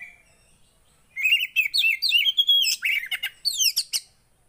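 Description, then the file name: Oriental magpie-robin singing a quick sequence of clear rising and falling whistles mixed with buzzy, rasping notes, lasting about three seconds. Song of a kacer played so a caged bird becomes agitated and responds. "Burung kacer anda langsung emosi dengar ini"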